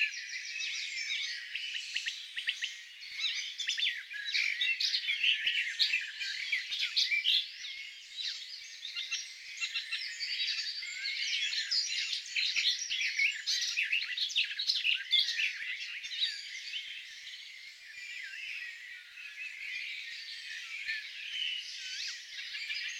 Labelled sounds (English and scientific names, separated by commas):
Garden Warbler (Sylvia borin) song